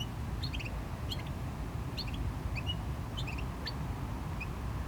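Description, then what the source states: Small bird calling in little groups of high chirps, over rumbling surf and cars. Small bird in a bush by the GC-200 road, Agaete, Las Palmas, Spain; distant cars and waves audible; recorded with DPA-2006c AB pair into a MixPre-3.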